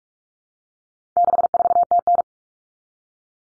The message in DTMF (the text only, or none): none